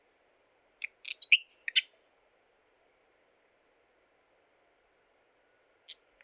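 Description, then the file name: Common nightingale song phrases: a thin falling whistle, then a burst of scratchy, varied notes, a long pause, and the whistle again with clipped notes. "Luscinia megarhynchos"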